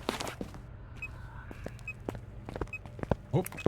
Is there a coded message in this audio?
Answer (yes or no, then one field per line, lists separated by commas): no